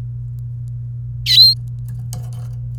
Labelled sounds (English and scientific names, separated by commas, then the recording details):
Domestic Canary (Serinus canaria) song
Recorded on 28 April 2018 at 08:33
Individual llb3